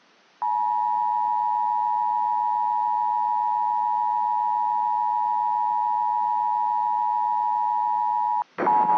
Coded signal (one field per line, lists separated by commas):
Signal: Emergency Alert System (SAME) tones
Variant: 853 and 960 Hz attention tone